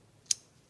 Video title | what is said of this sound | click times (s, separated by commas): Savage Arms Model 187j Disassembly & Reassembly | locks into place there | 0.3 s